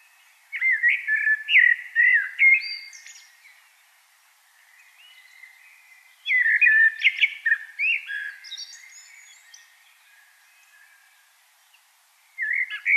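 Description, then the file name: Common blackbird song: repeated phrases of fluty, melodious whistling topped with thin high twitters, with a third phrase starting just as it ends. "Turdus merula"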